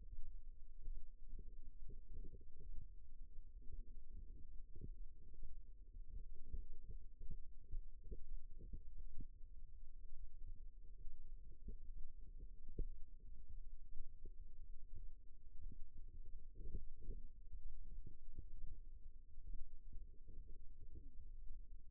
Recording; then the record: forearm muscle sounds (acoustic myography)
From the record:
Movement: rest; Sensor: system 2, bracelet of six BSWA MPA416 microphones around the upper forearm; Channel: 2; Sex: male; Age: 22 years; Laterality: right